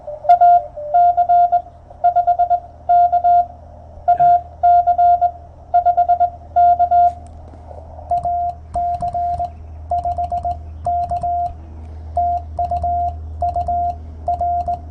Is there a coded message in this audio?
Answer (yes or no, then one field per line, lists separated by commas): yes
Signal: Morse code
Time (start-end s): 0.3-14.8 s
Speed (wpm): 20 wpm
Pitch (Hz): 700 Hz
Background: radio noise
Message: AC5K AC5K AC5K TU UR